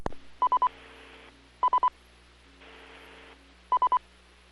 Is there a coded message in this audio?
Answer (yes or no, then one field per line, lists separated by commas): no